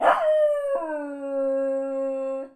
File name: Jazz The Dog Howl Bark